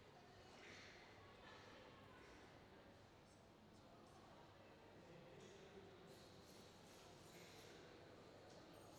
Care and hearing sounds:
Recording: everyday scene through a hearing-aid microphone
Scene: reverberant space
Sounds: background noise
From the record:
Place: railway station hall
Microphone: in the ear canal, left

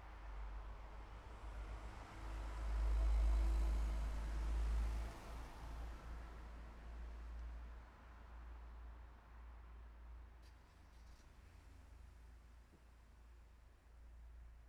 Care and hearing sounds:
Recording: everyday scene through a hearing-aid microphone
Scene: in traffic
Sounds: traffic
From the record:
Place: city secondary road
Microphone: behind the ear, left, rear

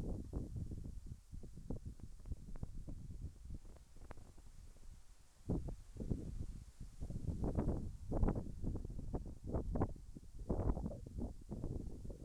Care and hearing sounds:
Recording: everyday scene through a hearing-aid microphone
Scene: wind on the microphone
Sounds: wind, whistling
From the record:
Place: in front of a rural house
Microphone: behind the ear, right, rear

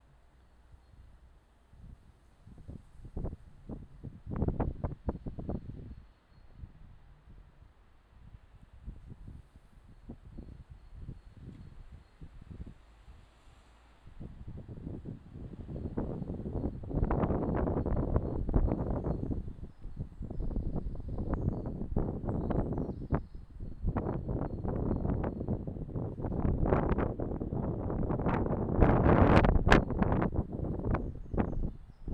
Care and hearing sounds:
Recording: everyday scene through a hearing-aid microphone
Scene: wind on the microphone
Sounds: squally wind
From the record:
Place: parking lot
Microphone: in the ear canal, left

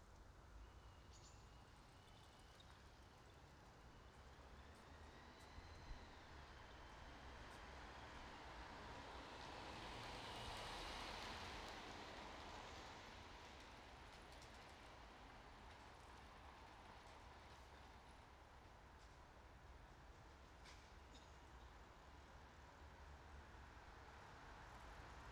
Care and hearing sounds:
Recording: everyday scene through a hearing-aid microphone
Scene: in traffic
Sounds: traffic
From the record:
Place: bus stop on a city main road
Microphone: in the ear canal, right

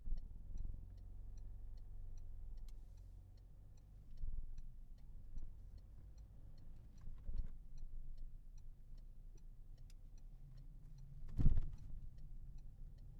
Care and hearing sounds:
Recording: everyday scene through a hearing-aid microphone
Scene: in a vehicle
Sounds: engine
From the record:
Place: Berlingo II, diesel engine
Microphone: behind the ear, left, front

